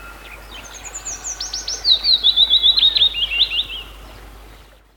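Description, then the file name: Willow warbler singing one gentle descending phrase of clear whistled notes, starting high and sliding down over about three seconds before fading into quiet background hiss. "penochka vesnichka"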